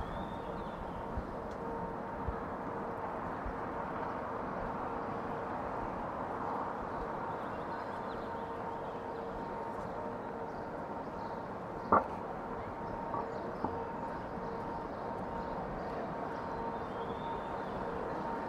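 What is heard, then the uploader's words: A steady outdoor hum of city traffic fills the scene around Lafayette Square by the White House, with a faint constant tone running underneath. A sharp knock or clank breaks through near the twelve-second mark, followed by a couple of smaller taps shortly after. Counterclockwise around the White House. A stereo field recording from June 4, 2017 in Washington D.C. Sitting in Lafayette Square, near the North Lawn of White House.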